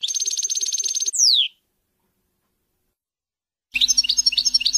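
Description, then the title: European goldfinch song: a steady buzzy trill, then a fast downward-sliding whistle, silence, and a burst of high tinkling twitters over a low steady hum. "Chant Chardonneret"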